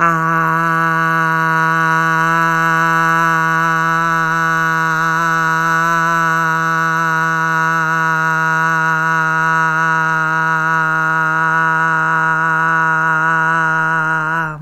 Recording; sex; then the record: sustained vowel /a/; female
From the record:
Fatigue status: fatigue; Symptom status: symptomatic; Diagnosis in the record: COVID-19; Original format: m4a